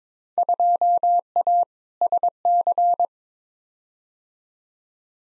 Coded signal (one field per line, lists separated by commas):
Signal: Morse code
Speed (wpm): 22 wpm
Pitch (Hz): 700 Hz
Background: none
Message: 2A SC